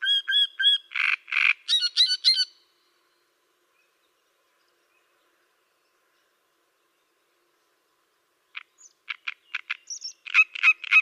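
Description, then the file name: Great reed warbler giving harsh, creaky repeated notes and squeaky higher calls, then falling silent for several seconds before starting again with short clicks and rasping notes. "Cannareccione"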